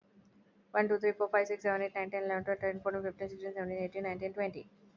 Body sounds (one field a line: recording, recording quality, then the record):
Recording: counting at a fast pace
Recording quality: excellent, no background noise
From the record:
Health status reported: healthy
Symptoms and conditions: none ticked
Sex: female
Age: 34 years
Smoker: not ticked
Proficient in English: yes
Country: India